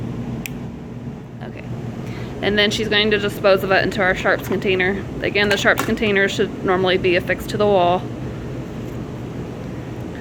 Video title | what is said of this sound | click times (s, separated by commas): Radiation therapy tattoo demonstration: one handed technique with a safety needle and syringe | we're done with our tattoo needle you're going to hear a clicking noise when we use the safety cap and then | 0.5 s